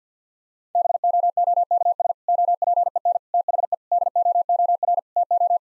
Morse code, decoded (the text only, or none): BOOKS OPEN THE DOOR TO